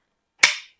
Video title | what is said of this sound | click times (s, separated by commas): Shark Cordless Pet Plus Vacuum (Rocket Pro) Review and Testing | until it clicks and there you go so you can clean it like that | 0.4 s